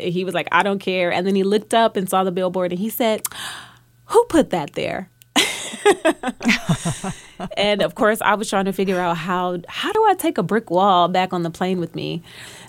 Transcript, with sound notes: He was like, I don't care. And then he looked up and saw the billboard and he said, who put that there?
(LAUGHTER)
And, of course, I was trying to figure out how do I take a brick wall back on the plane with me?